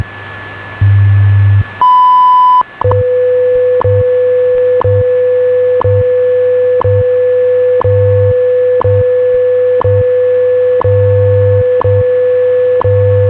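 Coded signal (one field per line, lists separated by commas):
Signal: radio time signal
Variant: WWV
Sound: low buzzing pulses, a short high beep, then steady mid tone broken by ticks each second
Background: radio static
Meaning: The 0.8-second 1 kHz tone marks the start of a new minute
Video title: WWV 2500 kHz - Tecsun PL365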